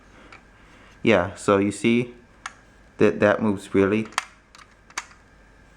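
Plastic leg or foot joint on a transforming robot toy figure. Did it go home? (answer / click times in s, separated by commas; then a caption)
yes / 5.0 s. Someone talks while moving the plastic leg or foot joint on a transforming robot toy figure, and a few small plastic ticks sound as the joint is worked. At 5.0 s it snaps sharply into its locked position.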